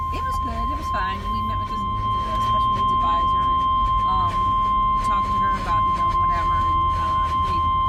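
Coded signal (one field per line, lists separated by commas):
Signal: Emergency Alert System (SAME) tones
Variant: 1050 Hz attention tone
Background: speech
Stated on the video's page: Real severe thunderstorm warning from the Wakefield National Weather Service office.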